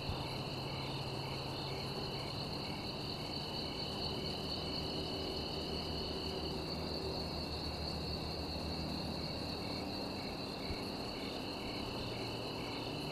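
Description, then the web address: Cricket chorus of high steady trills and evenly spaced pulses, continuous throughout, with low humming background noise. Recorded in a field near a village. "som de grilos no campo gravado perto da aldeia"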